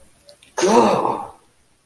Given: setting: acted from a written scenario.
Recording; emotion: vocal sound without words; pain